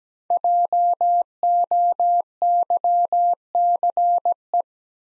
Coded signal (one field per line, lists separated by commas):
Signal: Morse code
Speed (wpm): 17 wpm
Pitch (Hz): 700 Hz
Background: none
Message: JOYCE